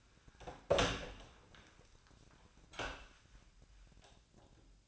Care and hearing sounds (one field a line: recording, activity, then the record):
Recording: daily activity, microphone in the room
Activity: open door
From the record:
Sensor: 2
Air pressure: 1009.2 hPa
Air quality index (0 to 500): 192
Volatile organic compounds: 3 ppm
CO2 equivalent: 1389 ppm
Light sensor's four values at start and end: 29/78/33/35 and 30/78/33/35